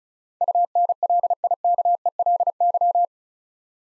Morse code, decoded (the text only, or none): UNLIKELY